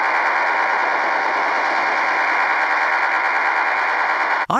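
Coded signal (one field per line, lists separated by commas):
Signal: HF data modem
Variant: STANAG 4285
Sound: steady rough roaring hiss of fast data, like rapid machine-gun rattle, ending abruptly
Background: radio static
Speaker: have you ever been tuning across the short wave band and picked up on certain frequencies a sound like this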